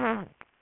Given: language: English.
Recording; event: throat vibration sensor signal played as sound; throat clearing